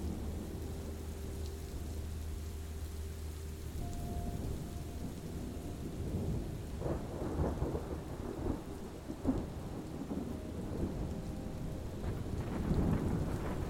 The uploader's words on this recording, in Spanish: MÚSICA Tranquila y TORMENTA Melodiosa. La dulce unión de la música y los sonidos naturales de la tormenta. Una música tranquila y el melodioso sonido de la tormenta.